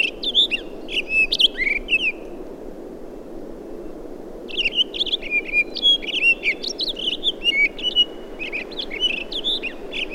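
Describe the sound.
Townsend's solitaire song: an opening burst of bright warbling, a quiet gap of about two seconds, then a long rich run of high tumbling notes.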